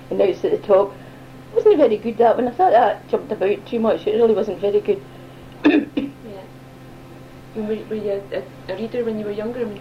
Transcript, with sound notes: And now it's at the top. Wasn't very good that one. I thought that jumped about too much. It really wasn't very good. [coughs]
Yeh. Were you a reader when you were younger?